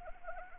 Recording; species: mosquito wingbeat signal from an infrared sensor; Anopheles arabiensis